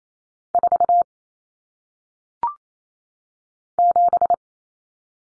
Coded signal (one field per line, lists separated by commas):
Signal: Morse code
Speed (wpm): 28 wpm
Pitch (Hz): 700 Hz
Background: none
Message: 4 7